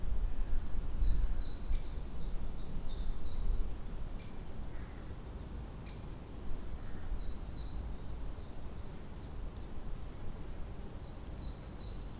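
A spring day in Tivoli Park, Ljubljana, with birds chirping and trilling in quick bright bursts through most of the clip, busiest in the first four seconds and again around eight. Beneath them runs a steady low rumble that eases slightly after the opening seconds.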